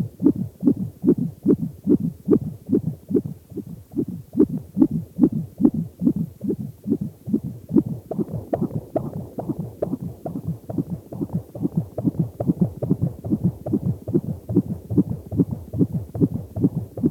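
Rapid, even whooshing thumps at about 140 beats a minute: a fetal heartbeat at 38 weeks of pregnancy, picked up by direct contact, with a steady rhythm and a rate in the usual fetal range.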